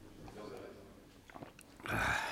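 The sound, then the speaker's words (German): Someone swallows a sip of whisky with a few soft, wet gulping sounds, then lets out a louder, breathy exhale at the end. “Wollen Sie auch einen Schluck?”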